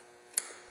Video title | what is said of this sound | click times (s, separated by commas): FordMustangDoorSmall | click it in line up the guides | 0.4 s